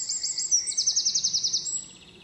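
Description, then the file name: Eurasian wren song fragment: a very high, rapid, pulsing trill lasting about a second before fading out. "Troglodytes troglodytes"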